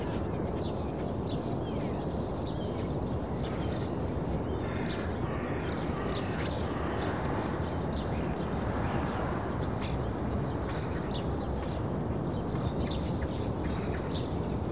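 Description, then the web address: Birds sing and chirp, sparse at first and then busier with clear high notes toward the end, over a steady low rumble. Birds in suburbia in the early morning. "The BBC Sound Effects Library (Suburbia) Early Morning Suburban Birds"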